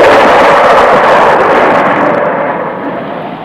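A sudden thunderstorm breaking over a forest at night, with torrential rain: a loud, dense, continuous roar of pouring rain and rumbling thunder that gradually softens and dulls over the final second. No voices.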